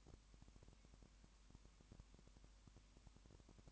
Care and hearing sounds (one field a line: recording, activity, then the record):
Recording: daily activity, microphone in the room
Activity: no activity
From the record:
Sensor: 1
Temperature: 19.2 degrees Celsius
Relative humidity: 37.9%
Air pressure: 1001.1 hPa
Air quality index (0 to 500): 198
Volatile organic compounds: 7 ppm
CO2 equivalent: 2004 ppm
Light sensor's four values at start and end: 1/2/1/1 and 1/2/1/1